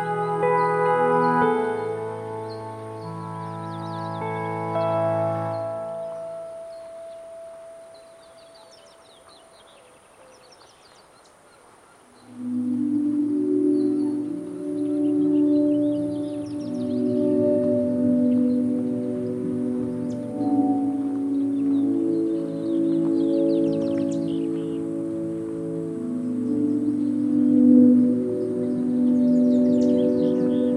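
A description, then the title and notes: Sustained ringing tones hum at Patagonia Lake State Park, fading to near silence around six seconds, then returning denser and louder from twelve seconds onward. Patagonia Lake State Park in SE Arizona.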